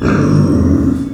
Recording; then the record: squeal of a Yucatan mini pig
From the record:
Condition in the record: after surgery on the right vocal fold (resection and tissue-engineered implant); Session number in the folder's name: 7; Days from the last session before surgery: 47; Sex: female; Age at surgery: 19 weeks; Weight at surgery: 25 kg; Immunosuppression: prednisolone